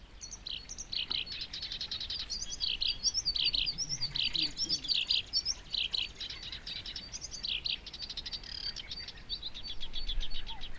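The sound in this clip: Bird song, a dense, continuous run of high chirps and warbled notes with few pauses, steady through the whole passage.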